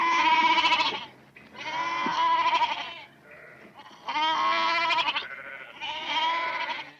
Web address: animal goat